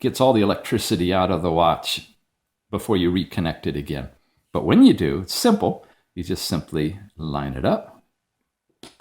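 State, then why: Seated. A ZEBLAZE Blitz smartwatch's battery flex connector is lined up over its socket on the watch board while someone talks. The connector is pressed down until it snaps into place, with a short click at 8.8 s.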